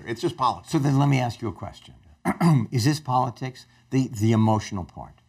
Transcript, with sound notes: It’s just politics.
So, then let me ask you a question. (THROAT CLEARING) Is this politics? The– the emotional part.